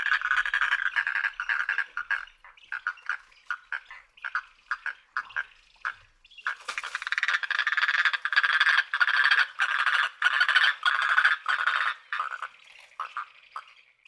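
Anhinga clicking call, dry rattling bursts of rapid clicks in uneven runs, growing into a longer, denser chattering series midway before fading.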